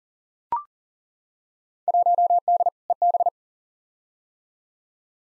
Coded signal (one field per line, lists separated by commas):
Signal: Morse code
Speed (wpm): 40 wpm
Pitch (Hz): 700 Hz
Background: none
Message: 1D EB